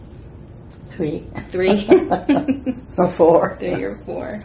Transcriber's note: laughter